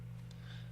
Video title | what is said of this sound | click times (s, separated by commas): asus a45a teardown, Laptop asus a45a disassembly and repaste service | push it down and you're gonna hear the click noise for the metal clamps right there alright | 0.3 s